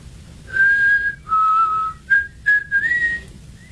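A person whistles a short tune, clear pure notes that step between a few pitches in separate phrases, the last one sliding upward, with no talking.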